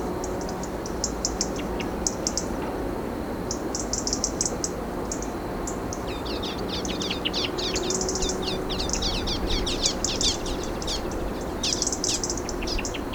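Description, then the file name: European robin gives thin, high rattling bursts, then a busy run of quick descending high notes in the second half, with a constant low hum beneath. "Erithacus rubecula"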